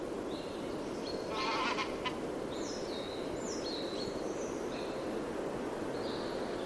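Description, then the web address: Birds calling with short high whistles and sliding chirps, several overlapping notes in quick succession, over a steady broad background hiss. "cianscape birddata Deverinetal 2025 File origin Bird Only"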